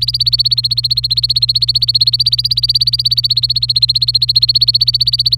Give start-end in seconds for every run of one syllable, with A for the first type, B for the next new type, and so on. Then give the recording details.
0.00-5.35 A. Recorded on 26 April 2018 at 12:42. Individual llb3